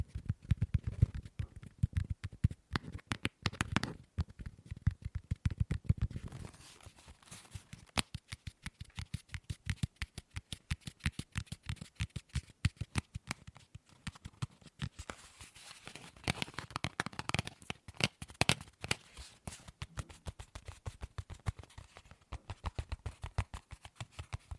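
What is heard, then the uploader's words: Tapping on objects with dense, rapid strikes that blur into a near-continuous patter. For the first six seconds a low thumping rides under the taps, then the taps turn sharper and brighter, quickening again around fifteen to eighteen seconds. ASMR Fast & Slow Tapping on 6 Objects No Talking.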